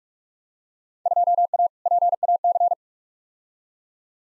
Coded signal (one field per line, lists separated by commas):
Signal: Morse code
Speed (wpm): 44 wpm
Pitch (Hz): 700 Hz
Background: none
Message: 2A PAC